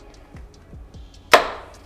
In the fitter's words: oh that feels solid do you hear that clunk